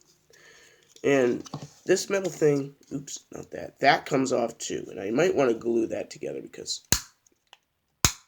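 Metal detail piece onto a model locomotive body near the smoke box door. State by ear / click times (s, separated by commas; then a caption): seated / 8.1 s. Someone talks while handling a model 27xx pannier steam locomotive, then a small metal detail piece that had come off near the smoke box door is pressed back onto the locomotive body. It snaps into place with a sharp, loud click at 8.1 s, seating the piece.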